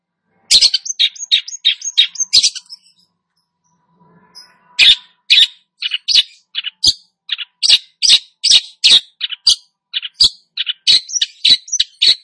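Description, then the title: Long-tailed shrike song: fast, harsh chips and squeaky notes, then a pause, then a long run of sharp, varied notes delivered in quick succession. Described as gacor, meaning singing actively. "Cendet Gacor"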